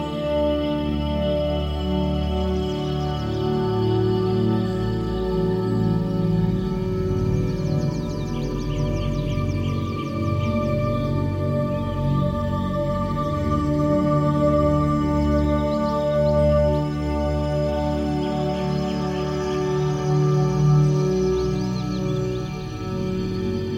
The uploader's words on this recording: The ethereal notes of ambient meditation music blend with the gentle symphony of chirping birds. Nature Sounds, Singing Birds.